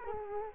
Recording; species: mosquito wingbeat signal from an infrared sensor; Culex quinquefasciatus